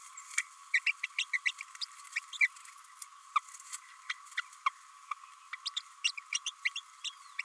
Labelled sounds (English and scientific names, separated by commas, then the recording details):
Green-rumped Parrotlet (Forpus passerinus) babbling
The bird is a female
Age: 27 days
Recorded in a nest box in Venezuela
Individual 17B32A5